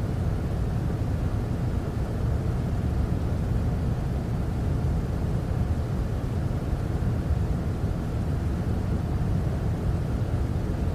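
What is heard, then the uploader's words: A white noise machine gives off a steady, dense, low rumbling hiss with no change in level, heavy in the low end and muffled up top. White Noise Machine Sounds For Sleep.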